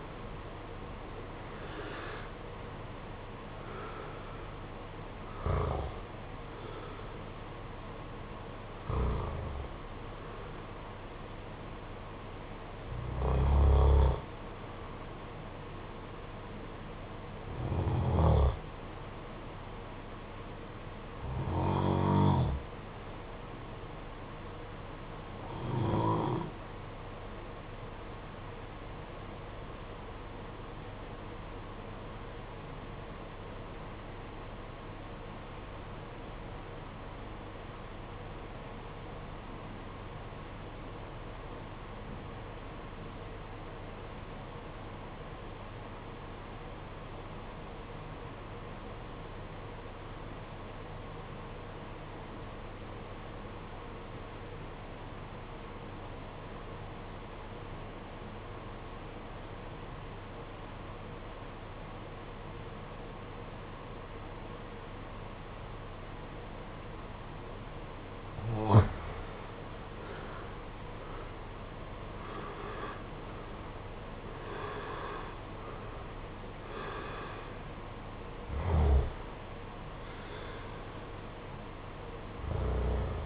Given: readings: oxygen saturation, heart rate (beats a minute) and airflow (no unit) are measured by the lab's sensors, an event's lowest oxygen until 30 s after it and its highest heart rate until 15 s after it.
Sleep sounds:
breathing in sleep by a voice recorder at the bedside; 1
33.00-69.60 s: obstructive apnea (REM, oxygen 96% highest, then 73% lowest, heart rate 50 at the start, 89 highest)
From the record:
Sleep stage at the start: REM sleep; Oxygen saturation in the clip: 74 to 96%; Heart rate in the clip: 44 to 89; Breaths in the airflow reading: 13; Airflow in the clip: -7.5 to 13.8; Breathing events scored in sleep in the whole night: 476 in 9.7 hours asleep

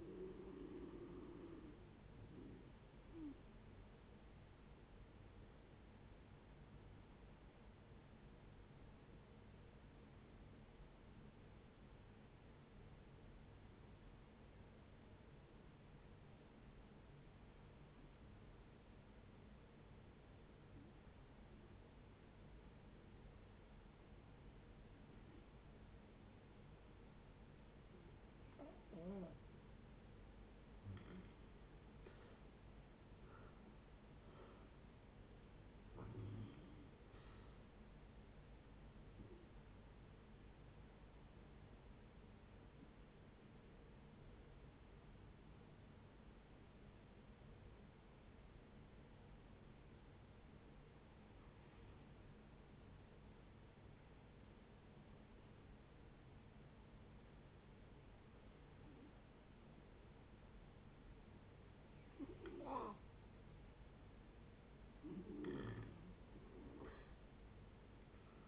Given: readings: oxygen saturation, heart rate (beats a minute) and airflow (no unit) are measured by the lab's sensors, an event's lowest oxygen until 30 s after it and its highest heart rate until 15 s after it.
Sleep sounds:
breathing in sleep by a voice recorder at the bedside; 2
4.00-29.50 s: hypopnea (N1, oxygen 95% highest, then 81% lowest, heart rate 73 at the start, 79 highest)
17.00-47.00 s: new sleep stage, N2 (light sleep)
41.00-63.90 s: hypopnea (N2, oxygen 94% highest, then 86% lowest, heart rate 69 at the start, 72 highest)
47.00-68.48 s: new sleep stage, N1 (lightest sleep)
From the record:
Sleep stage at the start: N1 (lightest sleep); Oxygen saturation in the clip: 81 to 95%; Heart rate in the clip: 55 to 79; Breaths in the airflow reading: 16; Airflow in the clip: -12.2 to 13.6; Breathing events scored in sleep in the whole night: 496 in 5.4 hours asleep

